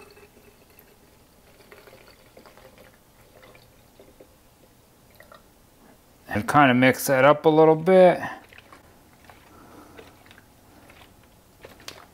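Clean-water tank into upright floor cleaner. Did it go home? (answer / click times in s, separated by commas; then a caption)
yes / 11.9 s. After mixing formula and water, the plastic clean-water solution tank is slid back down into its bay on a Bissell Crosswave Pet Pro upright floor cleaner and seats with a sharp click at 11.9 s. Faint small knocks and handling sounds come before it, and someone talks briefly in the middle.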